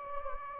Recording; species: mosquito wingbeat signal from an infrared sensor; Anopheles gambiae